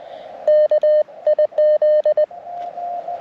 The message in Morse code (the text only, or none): KIZ